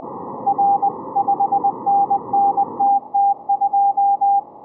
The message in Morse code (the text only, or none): R 5NNTT2